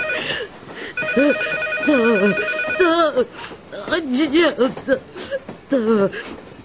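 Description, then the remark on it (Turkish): A telephone rings with a steady, high bell tone lasting a couple of seconds, while a voice keeps talking over it and carries on after the ringing stops. “Trenden de telefondan da bıktım.”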